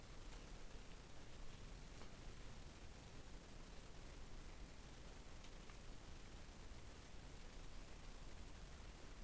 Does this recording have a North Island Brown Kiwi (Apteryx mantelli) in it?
no